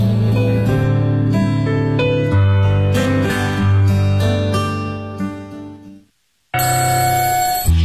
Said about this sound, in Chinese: 叫醒你的是闹钟，是梦想，还是你家的猫？